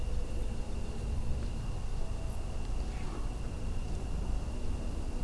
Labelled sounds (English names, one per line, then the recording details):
Mallard
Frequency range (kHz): Mallard 1.4-4.0 kHz
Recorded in France